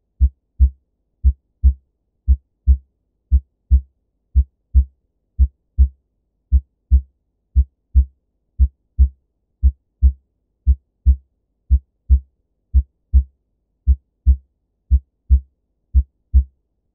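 Paired low thumps repeat steadily at about 58 beats a minute, each a clear first sound followed closely by a second, with quiet gaps and no added noise between them. These are normal heart sounds: S1 from mitral and tricuspid closure, S2 from aortic and pulmonic closure.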